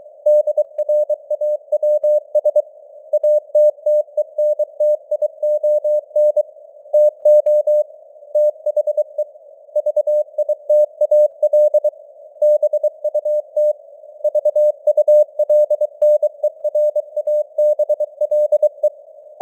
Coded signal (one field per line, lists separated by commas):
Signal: Morse code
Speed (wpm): 23 wpm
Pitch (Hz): 600 Hz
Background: none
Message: DRAWS ATTENTION TO THE VITAL BUT VULNERABLE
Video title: Morse Code News | 2025-11-30 | 23wpm